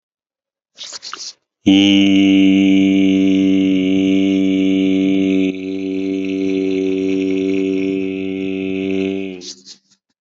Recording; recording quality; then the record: sustained vowel as in beet; excellent, no background noise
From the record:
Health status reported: COVID-19 positive, mild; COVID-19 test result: positive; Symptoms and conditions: cough, fever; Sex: male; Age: 45 years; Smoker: not ticked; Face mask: worn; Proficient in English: yes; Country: India